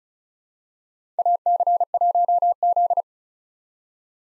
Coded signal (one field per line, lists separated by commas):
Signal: Morse code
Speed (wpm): 36 wpm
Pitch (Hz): 700 Hz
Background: none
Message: AC1Z